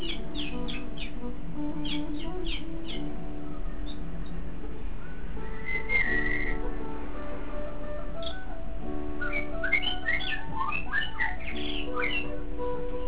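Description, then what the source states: Shama song: bursts of quick whistled notes and slurred rising and falling phrases, over steady low humming tones throughout. Song labelled with the word meow.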